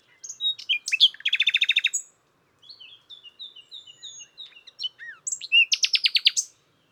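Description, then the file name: Common nightingale song: mixed chirps into a fast rattling trill, then a series of soft whistled notes, ending in another rapid repeated burst. "Luscinia megarhynchos"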